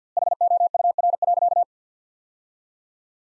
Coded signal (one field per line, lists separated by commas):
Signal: Morse code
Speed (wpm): 50 wpm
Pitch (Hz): 700 Hz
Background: none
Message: HOUR.